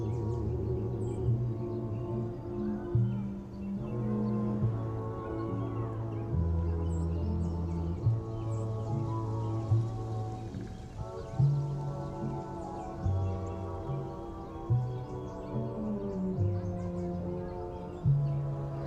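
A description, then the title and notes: Oldies music plays in another room, muffled so that mostly the bass line and low chords come through, with the upper sounds dulled. Bass notes shift every second or so in a steady rhythm, with brief louder accents recurring throughout. Summer oldies playing in another room.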